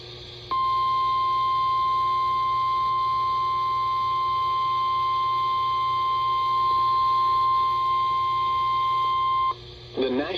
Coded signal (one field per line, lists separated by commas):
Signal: Emergency Alert System (SAME) tones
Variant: 1050 Hz attention tone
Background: speech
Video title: Multicellular Misery - EAS Alerts from 8/30/24 || EAS 1,449-1,465